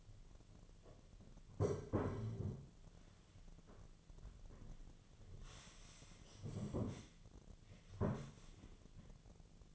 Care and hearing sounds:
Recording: daily activity, microphone in the room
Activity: sit down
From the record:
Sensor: 4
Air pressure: 1008.9 hPa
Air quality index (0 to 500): 170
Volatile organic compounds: 5 ppm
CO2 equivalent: 1707 ppm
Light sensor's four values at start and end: 23/73/28/27 and 23/73/28/27

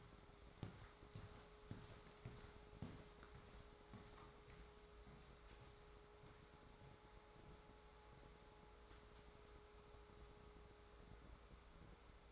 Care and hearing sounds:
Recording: daily activity, microphone in the room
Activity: walk to room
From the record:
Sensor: 3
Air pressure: 1010.4 hPa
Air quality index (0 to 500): 166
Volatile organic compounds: 9 ppm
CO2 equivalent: 2178 ppm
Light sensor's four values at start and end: 46/113/50/56 and 44/109/48/54

